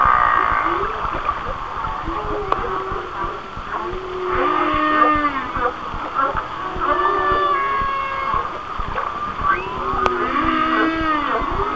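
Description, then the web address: Whale song, a busy run of short rising and falling whistles and buzzy harmonic squeals, repeated in bursts over a hiss. "Natures Songs Whale Songs Whale Songs"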